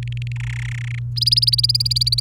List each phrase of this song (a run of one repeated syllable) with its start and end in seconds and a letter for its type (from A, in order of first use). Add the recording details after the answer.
0.03-0.32 A, 0.36-0.99 B, 1.16-2.21 C. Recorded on 29 April 2018 at 16:35. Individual llb3